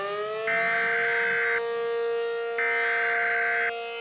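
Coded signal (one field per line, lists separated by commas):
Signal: Emergency Alert System (SAME) tones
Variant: header bursts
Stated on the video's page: Fictional EAS scenario using valid SAME tones, a simulation rather than a real alert.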